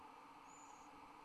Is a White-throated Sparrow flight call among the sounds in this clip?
no